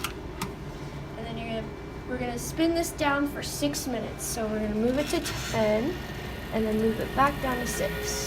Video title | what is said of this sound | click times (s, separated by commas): Clinical Specialty: Packed Cell Volume And Plasma Protein determination | it's on, you're going to close the lid until you hear a click, and then | 0.0 s